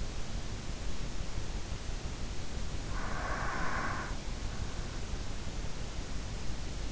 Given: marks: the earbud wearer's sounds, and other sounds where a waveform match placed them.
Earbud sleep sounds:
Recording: sounds in sleep by an in-ear microphone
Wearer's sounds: breath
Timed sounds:
2.59-4.51 s: breath

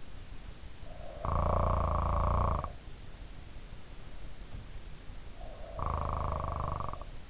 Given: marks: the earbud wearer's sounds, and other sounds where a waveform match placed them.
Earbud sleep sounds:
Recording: sounds in sleep by an in-ear microphone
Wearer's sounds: snoring breath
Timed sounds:
0.79-2.96 s: snoring breath
5.27-7.30 s: snoring breath

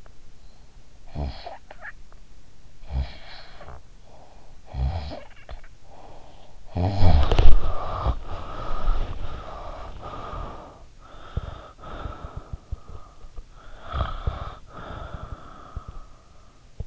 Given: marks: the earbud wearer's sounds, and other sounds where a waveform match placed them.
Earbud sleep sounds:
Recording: sounds in sleep by an in-ear microphone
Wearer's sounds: snoring breath, breath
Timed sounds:
0.00-9.14 s: snoring breath
9.14-16.87 s: breath

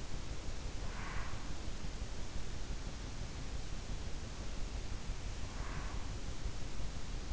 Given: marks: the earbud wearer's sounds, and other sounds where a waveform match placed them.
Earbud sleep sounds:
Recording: sounds in sleep by an in-ear microphone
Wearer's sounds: breath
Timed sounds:
0.89-1.60 s: breath
5.52-6.08 s: breath

